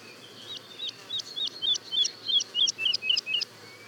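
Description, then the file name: Woodlark song: a regular series of sliding whistled notes, each rising into a sharp high tick, repeated roughly four times a second and growing louder. Daytime song and duet, recorded at Le Puech, France. "alouette lulu chant de jour et duett Le Puech F"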